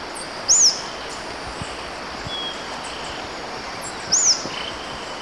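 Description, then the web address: White-fronted tyrannulet: two short, very high, arched call notes roughly three and a half seconds apart, against a steady background hiss. Recorded in Ecuador. "Natures Songs S America Birds of Ecuador. White-fronted Tyrannulet"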